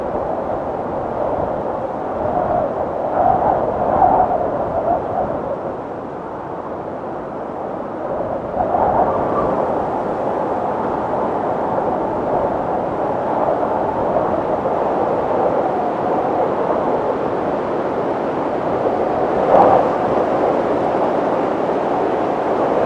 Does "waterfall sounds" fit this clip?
no